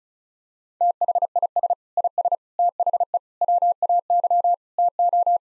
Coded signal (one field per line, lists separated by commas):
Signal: Morse code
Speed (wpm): 36 wpm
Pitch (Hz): 700 Hz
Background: none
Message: THIS IS THE WAY TO